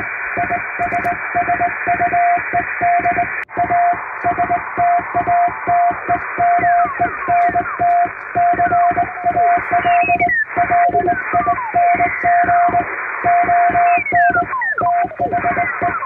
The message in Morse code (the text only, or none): ISSUED A STATEMENT CALLING ON THE